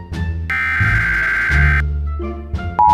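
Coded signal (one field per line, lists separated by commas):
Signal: Emergency Alert System (SAME) tones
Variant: header bursts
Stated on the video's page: SAME tones used in a simulated EAS scenario created on a phone with KineMaster from a downloaded tone file.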